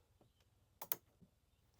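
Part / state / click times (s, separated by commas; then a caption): window stay latch on a caravan window frame / seated / 0.9 s. A hinged Aussie Traveller EV2 window on a Vibe caravan is pushed open, and its window stay latch on the frame clicks into the first preset opening. A brief knock at 0.8 s is followed by a sharp, bright click at 0.9 s, then a faint low tap near 1.2 s. The stay is locked in at that first opening.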